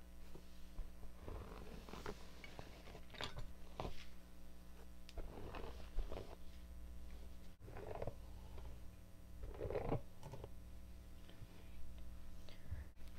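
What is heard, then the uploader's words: Scratching and rustling of fingers moving through hair fill the clip, coming in uneven bursts of a second or two with short pauses between. A steady low hum sits underneath throughout, and a soft murmured voice surfaces briefly around eight and ten seconds. ASMR Scalp Check Exam & Hair Mask.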